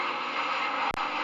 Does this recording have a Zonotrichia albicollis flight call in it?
no